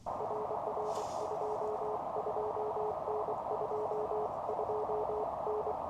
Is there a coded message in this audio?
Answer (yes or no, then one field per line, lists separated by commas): yes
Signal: Morse code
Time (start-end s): 0.2-5.7 s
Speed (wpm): 23 wpm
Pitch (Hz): 430 Hz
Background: none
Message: RR 22N 22N